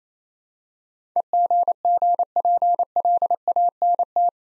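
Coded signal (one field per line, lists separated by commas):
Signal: Morse code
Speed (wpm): 28 wpm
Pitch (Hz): 700 Hz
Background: none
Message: EGGPLANT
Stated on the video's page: Morse practice set of easy words at 28 wpm with contextual hints, a copying drill.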